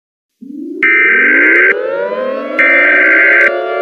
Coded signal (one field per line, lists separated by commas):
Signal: Emergency Alert System (SAME) tones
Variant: header bursts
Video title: Rating EAS Alarms Part 13: a Moments